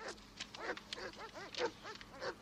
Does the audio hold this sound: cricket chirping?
no